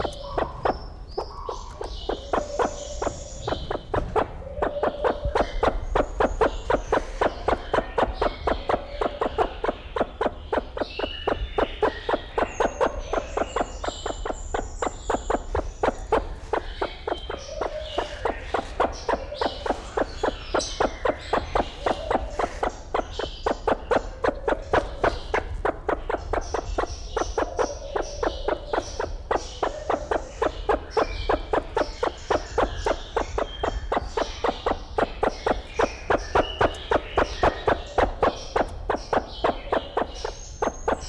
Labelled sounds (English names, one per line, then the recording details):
Sulawesi Myna call
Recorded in captivity
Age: adult
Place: Zoo Berlin, Berlin, DE
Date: 1994-03-05 11:49
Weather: heiter, 4°C, Windböen
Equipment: Marantz CP 430, Sennheiser ME 80, Kopie Uher Variocord 263
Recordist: Tembrock, Günter